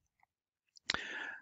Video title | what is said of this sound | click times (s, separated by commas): Microscope Objective lens | when you're moving these objectives make sure that they click into place they'll make a small click or a thunk | 0.9 s